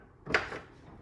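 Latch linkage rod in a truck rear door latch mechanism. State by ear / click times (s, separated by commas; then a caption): not seated / none. The rear door latch of a 2nd gen Ram 2500 Cummins truck is worked again after its small linkage rod was snapped back into the mechanism, giving a single dull thunk at about 0.3 s rather than a crisp click. The rod has not clicked in and may have fallen out.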